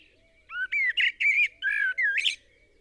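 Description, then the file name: Eurasian blackbird phrase: a run of six rich, fluty whistled notes in quick succession, the last rising into a scratchy high squeak. "Turdus merula"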